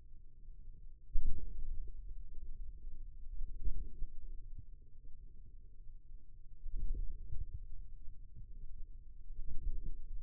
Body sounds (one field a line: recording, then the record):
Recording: forearm muscle sounds (acoustic myography)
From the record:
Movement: hand closing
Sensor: system 2, bracelet of six BSWA MPA416 microphones around the upper forearm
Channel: 2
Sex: male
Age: 22 years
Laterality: right